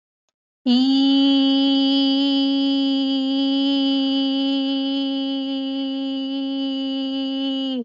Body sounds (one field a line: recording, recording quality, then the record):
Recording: sustained vowel as in beet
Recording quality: excellent, no background noise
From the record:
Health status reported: healthy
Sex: female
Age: 41 years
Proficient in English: yes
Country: India